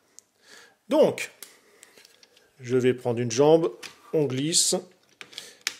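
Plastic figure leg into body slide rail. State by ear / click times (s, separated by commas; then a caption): seated / 5.7 s. A leg is slid along its rails onto the body of a Jinbao Oversized Devastator, an oversized plastic transforming combiner robot figure, while someone talks. It is pushed to the end of the rail and clicks into place at 5.7 s, firmly seated.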